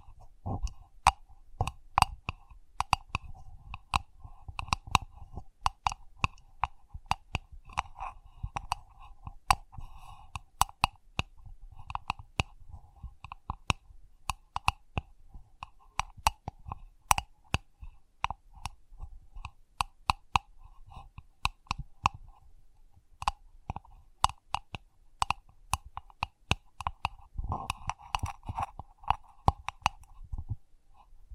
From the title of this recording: Sensitive Tapping